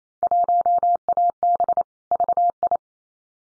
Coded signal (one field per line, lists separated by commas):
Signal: Morse code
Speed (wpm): 28 wpm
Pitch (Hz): 700 Hz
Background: none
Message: 1AB VI